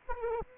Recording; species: mosquito wingbeat signal from an infrared sensor; Aedes aegypti